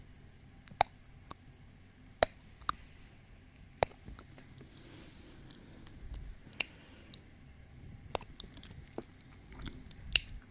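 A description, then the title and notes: Close-up kisses come as short, wet smacks and clicks, scattered irregularly every second or two across the clip. Soft breathing rises faintly between them, especially around the middle, over a low, quiet rumble. ASMR 3dio kisses breathing, up close.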